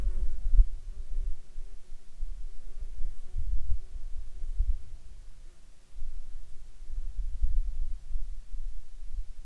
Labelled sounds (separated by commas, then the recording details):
insects
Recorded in Ivvavik National Park, Yukon, on 19 June 2019 at 13:23
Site SINP09